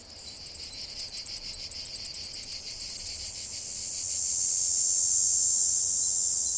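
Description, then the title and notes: Cicada song opening as a fast series of sharp rhythmic pulses that merge after about four seconds into a continuous high buzz. Cicada song in July, said to reach the loudness of a chainsaw; insects only a few centimetres long. "Le chant des cigales. Bru(i)t , c'est le podcast de Brut"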